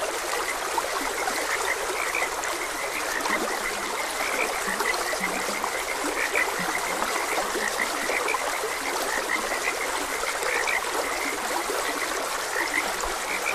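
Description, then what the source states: Frogs croaking steadily, many short notes overlapping, set over a constant babbling stream. Frogs croaking beside a gentle stream.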